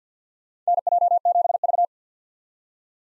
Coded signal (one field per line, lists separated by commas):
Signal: Morse code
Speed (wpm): 50 wpm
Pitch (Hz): 700 Hz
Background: none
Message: NJ7V